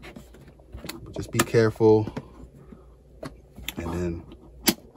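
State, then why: Released. A flathead screwdriver wedged along the seam pries the plastic bottom cover off a Lenovo LOQ 15APH8 gaming laptop while someone talks, with a few light scrapes and taps along the way. At 4.7 s a plastic retaining clip releases from the chassis with a sharp pop as the cover disengages from the body.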